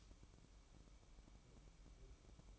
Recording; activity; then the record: daily activity, microphone in the room; light on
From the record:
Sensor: 1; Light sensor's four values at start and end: 9/21/8/9 and 18/55/22/23